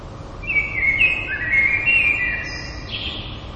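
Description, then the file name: Common blackbird song: a rich, mellow warble wandering up and down, finishing with a brief, high, thin squeaky flourish, steady faint hiss throughout. "merles"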